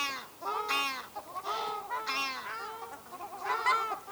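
Ruddy shelduck honking calls, loud nasal honks, near-continuous and harsh with strong harmonics throughout.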